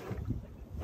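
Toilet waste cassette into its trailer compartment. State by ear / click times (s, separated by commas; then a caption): not seated / none. The removable black-tank toilet waste cassette of a 2020 Forest River Flagstaff 627M travel trailer is gripped by its handle and slid back into its compartment, giving a low, rumbling scrape with a breathy, wind-like hiss. Nothing has seated or clicked yet.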